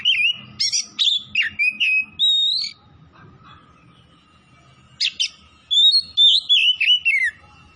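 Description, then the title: Oriental magpie-robin song with rapid sweeping whistles and chirps, a long rising whistled note, a silent gap, then another lively phrase of falling warbles. Oriental magpie-robin (kacer) from Tretes, singing vigorously (gacor). "Kacer Tretes Gacor"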